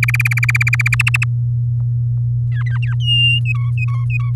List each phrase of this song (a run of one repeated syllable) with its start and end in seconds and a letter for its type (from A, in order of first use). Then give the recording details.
0.03-0.95 A, 0.99-1.24 B, 2.51-2.94 C, 3.00-3.40 D, 3.45-4.30 E. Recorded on 6 May 2018 at 15:52. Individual llb16